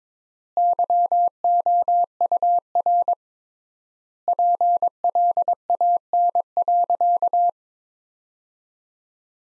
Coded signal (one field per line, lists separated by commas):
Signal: Morse code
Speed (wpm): 22 wpm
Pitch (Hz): 700 Hz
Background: none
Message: YOUR PLAN.